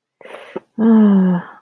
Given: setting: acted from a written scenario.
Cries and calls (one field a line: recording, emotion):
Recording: vocal sound without words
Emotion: shame